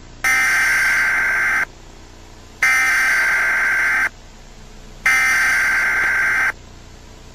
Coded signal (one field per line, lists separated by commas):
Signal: Emergency Alert System (SAME) tones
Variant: header bursts